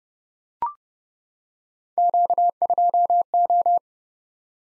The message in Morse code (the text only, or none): Q2O